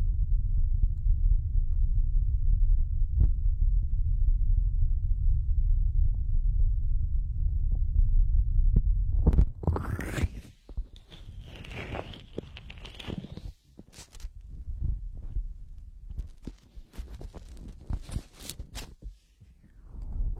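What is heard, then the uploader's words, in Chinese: Hands rub and massage the ears, first as a muffled, steady low rumble, then after about ten seconds as brighter, intermittent scratchy rustling. 温热双手 按摩揉搓双耳。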